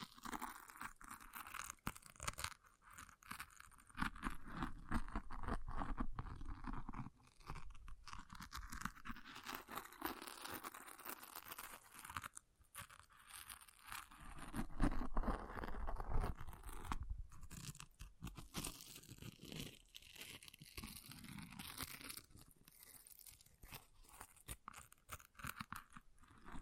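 An object is scratched and scraped in a dense, continuous run of rough, crunchy strokes, each a short burst of bright gritty noise with brief gaps between. The rhythm is irregular throughout, with a louder, busier stretch around fifteen seconds.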